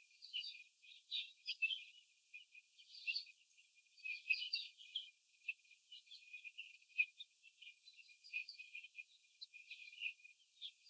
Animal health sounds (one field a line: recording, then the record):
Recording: young laying hens in a cage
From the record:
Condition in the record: after the stressor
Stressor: simulated dog barking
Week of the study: 4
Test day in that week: 3